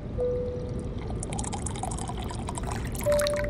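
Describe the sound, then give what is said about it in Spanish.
Water pours steadily into a glass for a few seconds, a broad splashing rush with faint ringing tones rising as it fills, ending with a brief clink. “Agua, por favor.”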